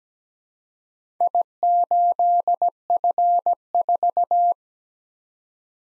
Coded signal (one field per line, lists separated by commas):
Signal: Morse code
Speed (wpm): 17 wpm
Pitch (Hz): 700 Hz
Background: none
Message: I8F4